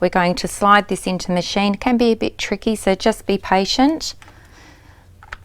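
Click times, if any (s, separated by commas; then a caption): 5.3 s. A loaded syringe with a butterfly flange is slid into the cradle of a subcutaneous syringe driver pump while someone talks, noting it can be tricky. After the talking stops there is a quiet stretch, then a sharp click at 5.3 s as the syringe seats in the driver.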